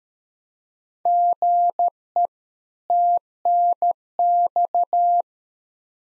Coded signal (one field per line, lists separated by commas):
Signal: Morse code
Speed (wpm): 13 wpm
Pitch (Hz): 700 Hz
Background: none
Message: GE TNX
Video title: Practice QSO - Exchange 1- Beginning - 13wpm